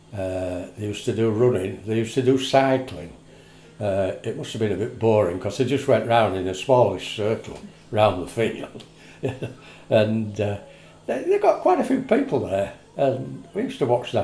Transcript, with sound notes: Er they used to do running, they used to do cycling, er it must have been a bit boring ‘cos they just went round in a smallish circle, round the field. (laughs) And they got quite a few people there and we used to watch that.